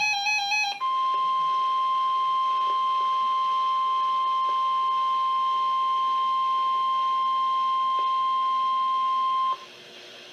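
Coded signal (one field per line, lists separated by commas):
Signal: Emergency Alert System (SAME) tones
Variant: 1050 Hz attention tone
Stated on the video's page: Severe Thunderstorm Warning from NOAA Weather Radio station, issued by the Binghamton, NY forecast office.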